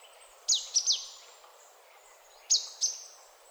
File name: Poecile palustris